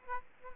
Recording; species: mosquito wingbeat signal from an infrared sensor; Aedes aegypti